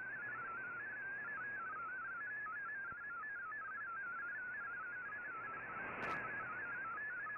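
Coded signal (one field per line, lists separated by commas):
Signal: multi-tone FSK (Olivia or MFSK type)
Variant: MFSK32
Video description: Here is my decode of the Shortwave Radiogram broadcast today on 15770Khz shortwave radio at 1300UTC in MFSK32 and 64 with 9 SSTV images.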